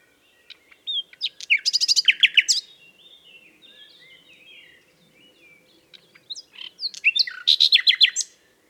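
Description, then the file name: Common nightingale singing two loud phrases of rapid, varied trills and sharp chattering notes, separated by a quieter stretch of soft warbling. "Luscinia megarhynchos"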